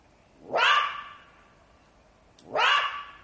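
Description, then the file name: Jackal giving two loud, rasping yelps that rise sharply and then fade into a lingering, even tone; quiet background between them. "zvuki shakala"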